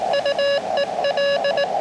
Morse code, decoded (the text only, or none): UEL